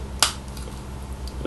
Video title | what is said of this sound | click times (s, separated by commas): TFC TOYS URANOS PARTIE 1 | On va tirer jusqu'à en entendre un clic. | 0.2 s